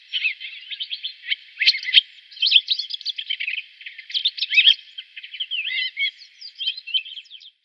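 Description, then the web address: Redwing song, a long stream of scratchy, high twittering and chattering notes with quick squeaky trills, steady throughout with no other sounds. "Schulze Peter Redwing song"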